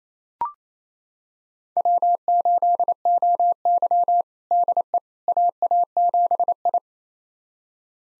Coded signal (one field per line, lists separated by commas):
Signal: Morse code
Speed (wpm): 28 wpm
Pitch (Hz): 700 Hz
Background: none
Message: W8OY DE AA7I